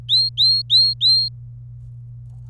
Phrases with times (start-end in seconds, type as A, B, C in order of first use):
0.09-1.28 A